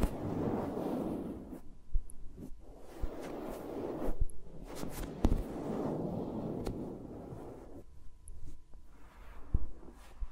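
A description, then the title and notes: Fingers move around the microphones, making soft, muffled rubbing swells that come in three long waves, each fading out after a few seconds. Sharp little taps and clicks land between and over them, clustering around the middle and again near the end. ASMR with Mics Around My Fingers (No Talking).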